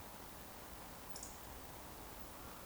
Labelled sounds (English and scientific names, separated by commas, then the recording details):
Eurasian Woodcock (Scolopax rusticola) whistle
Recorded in Baden-Württemberg, Germany, on 15 June 2020 at 20:26 UTC
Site 14569, 102 m above sea level